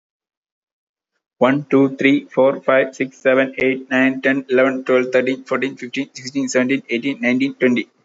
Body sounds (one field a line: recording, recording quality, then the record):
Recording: counting at a fast pace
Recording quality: excellent, no background noise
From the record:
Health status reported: healthy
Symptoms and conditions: none ticked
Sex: male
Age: 28 years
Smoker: not ticked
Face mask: not worn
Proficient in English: yes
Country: India